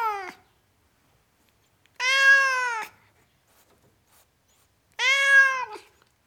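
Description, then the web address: Cat giving three loud meows, the first cut off at the start, each a bright, harmonic wail that swells and then drops off. Tom cat, meowing. "The BBC Sound Effects Library. Tom Cat, Meowing"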